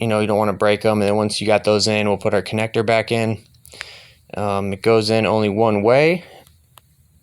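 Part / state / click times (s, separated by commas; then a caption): wiring harness connector into car tail light assembly / seated / 6.8 s. Someone talks while plugging the wiring harness connector back into the rear tail light assembly of a 2018 Ford C-MAX after the assembly pins are tightened; the connector goes in only one way. A short, sharp click at 6.8 s marks the connector seating in the tail light.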